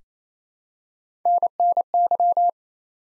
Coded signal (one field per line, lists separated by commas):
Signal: Morse code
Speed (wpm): 28 wpm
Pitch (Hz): 700 Hz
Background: none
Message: NNY